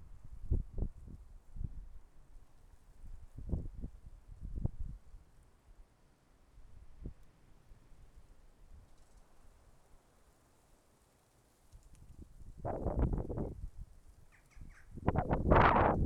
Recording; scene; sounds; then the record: everyday scene through a hearing-aid microphone; wind on the microphone; wind, traffic, birds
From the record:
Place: suburban garden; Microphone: behind the ear, left, rear